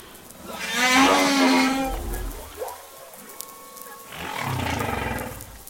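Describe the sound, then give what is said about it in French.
Whale song: a long, wavering harmonic moan rises and falls, then after a brief quieter stretch with faint tonal squeaks, a second moaning call follows, low and resonant. “et d'extraire ces sous-phrases ou phrases, et qui créent en fait le leitmotiv d'un chant qui dure entre 10 et 15-20 minutes. Et la baleine va répéter ça en boucle pendant une heure, deux heures, une journée, enfin, comme elle le sent, quoi.”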